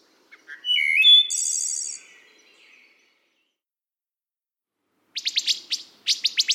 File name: Wood Thrush